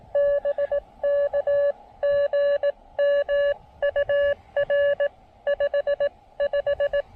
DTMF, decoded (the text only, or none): none